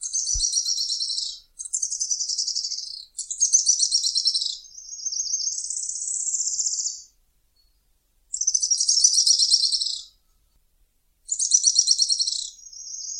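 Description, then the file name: Araucaria tit-spinetail delivering high buzzy trilled phrases, some steady and some climbing in pitch, repeated every few seconds against a quiet background. "canto do grimpeiro"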